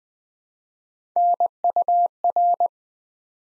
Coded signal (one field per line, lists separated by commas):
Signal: Morse code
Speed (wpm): 20 wpm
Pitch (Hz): 700 Hz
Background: none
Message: NUR